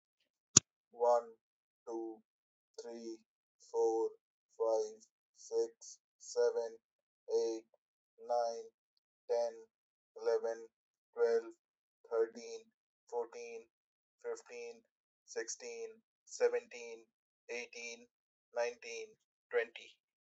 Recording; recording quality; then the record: counting at a normal pace; excellent, no background noise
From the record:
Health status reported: healthy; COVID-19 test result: not tested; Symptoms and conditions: sore throat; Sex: male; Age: 27 years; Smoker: not ticked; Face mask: not worn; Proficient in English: yes